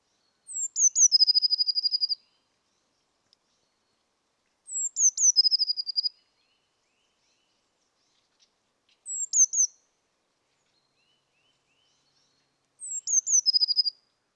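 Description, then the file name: Eurasian blue tit song: four high phrases, each two thin descending notes followed by a fast trill, repeated about every four seconds, one phrase cut short. "Cyanistes caeruleus"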